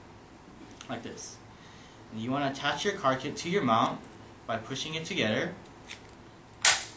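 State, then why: Seated. A Magellan GPS premium car kit cradle is pushed onto the ball joint of a plastic windshield mount while someone talks. It snaps on with a sharp click at 6.6 s, and the cradle is seated on the mount.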